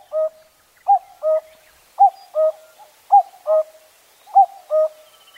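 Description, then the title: Common cuckoo calling a clear two-note cuck-oo, the first note higher and the second lower, repeated about once a second. Recorded at Zao, Japan. "蔵王のカッコウ"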